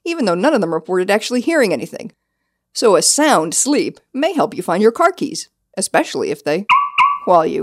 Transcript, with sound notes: Even though none of them reported actually hearing anything. So a sound sleep may help you find your car keys. Especially if they [car keys chirp sound] while you